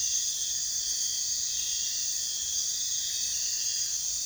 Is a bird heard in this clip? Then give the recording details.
no. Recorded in pastures near Puerto Asís, Putumayo, Colombia, on 22 June 2025 at 02:00. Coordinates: 0.466, -76.322. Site GP07